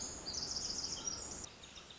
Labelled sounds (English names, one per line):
Pacific Wren